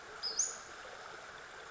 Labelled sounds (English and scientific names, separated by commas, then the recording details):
Western Flycatcher (Empidonax difficilis)
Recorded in Sonoma County, California